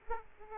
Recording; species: mosquito wingbeat signal from an infrared sensor; Aedes aegypti